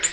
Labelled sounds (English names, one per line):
Nashville Warbler flight call